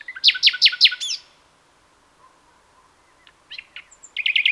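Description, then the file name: Common nightingale song: a loud burst of fast repeated notes, a near-silent pause with faint ticks, then another rapid trill begins. "Luscinia megarhynchos"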